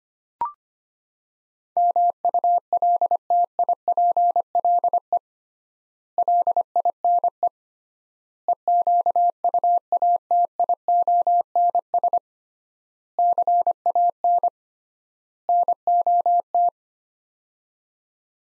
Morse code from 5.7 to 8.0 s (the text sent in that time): LINE